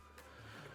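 A skateboard ball bearing is being squeezed by hand into the hub of a plastic/urethane roller skate wheel, with a brief handling noise at 0.2 s over a steady low hum and faint tonal background. The bearing has not seated or clicked into the wheel yet.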